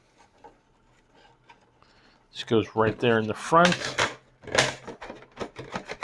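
The plastic front cover of an Airhood portable kitchen air cleaner, which comes off for access to the charcoal filter, is fitted back on over the filter. Faint rubbing and light plastic taps come first, then someone talks over a few small knocks. Nothing has seated or clicked yet.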